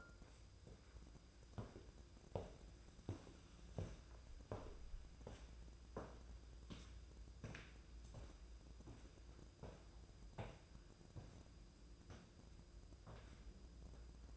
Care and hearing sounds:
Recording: daily activity, microphone in the room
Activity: walk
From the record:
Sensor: 2

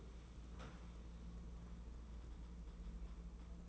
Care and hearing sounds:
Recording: daily activity, microphone in the room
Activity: sit down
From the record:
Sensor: 1

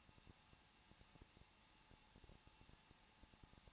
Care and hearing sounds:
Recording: daily activity, microphone in the room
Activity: no activity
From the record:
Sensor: 1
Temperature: 20.1 degrees Celsius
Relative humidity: 39.1%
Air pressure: 1006.4 hPa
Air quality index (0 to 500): 216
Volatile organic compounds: 74 ppm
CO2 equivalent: 3551 ppm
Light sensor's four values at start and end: 1/2/1/1 and 1/2/1/1

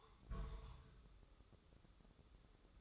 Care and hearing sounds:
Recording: daily activity, microphone in the room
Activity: place on stove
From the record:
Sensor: 3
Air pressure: 995.4 hPa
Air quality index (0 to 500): 85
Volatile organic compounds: 8 ppm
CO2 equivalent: 2070 ppm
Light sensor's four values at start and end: 26/79/33/28 and 26/79/33/28

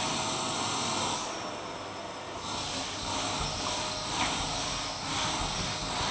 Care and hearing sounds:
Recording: daily activity, microphone in the room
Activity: vacuum cleaning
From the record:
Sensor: 1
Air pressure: 999.3 hPa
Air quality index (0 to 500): 206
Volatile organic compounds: 48 ppm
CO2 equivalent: 3262 ppm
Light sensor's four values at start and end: 9/21/8/9 and 7/17/7/7

